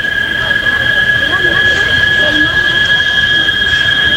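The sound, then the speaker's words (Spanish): Cicadas ('tenor' cicadas) in the town of Tejutepeque, sent in as a voicemail, keep up a loud, steady, shrill drone on two high sustained tones that never break, with a faint murmur of voices underneath. “Desde el pueblo de Tejutepeque, el sonido de las chicharras.”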